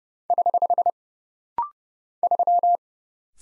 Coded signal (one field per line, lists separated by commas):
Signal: Morse code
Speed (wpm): 30 wpm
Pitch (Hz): 700 Hz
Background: none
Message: <HH> 3